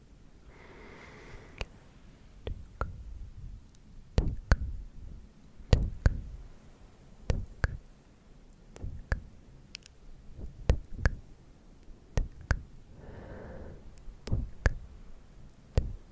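Clicky mouth sounds: sharp tongue clicks and tk-tk taps land irregularly every half second or so across the whole stretch. Two softer, breathy hissing sounds appear, one near the start and one around thirteen seconds, over an otherwise quiet background.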